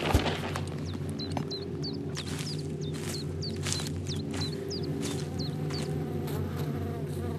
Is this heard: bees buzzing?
yes